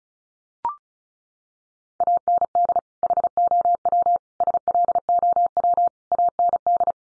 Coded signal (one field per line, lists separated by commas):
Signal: Morse code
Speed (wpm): 34 wpm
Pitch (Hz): 700 Hz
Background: none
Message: AND HOW SLOW AND